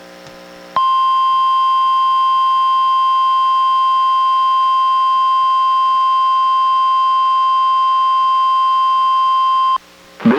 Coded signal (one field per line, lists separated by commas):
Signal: Emergency Alert System (SAME) tones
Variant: 1050 Hz attention tone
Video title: EAS #737: NWR Required Weekly Test- Jan. 25, 2023- 11:05AM PST